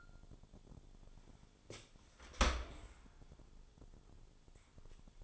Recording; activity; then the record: daily activity, microphone in the room; open dishwasher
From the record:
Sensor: 5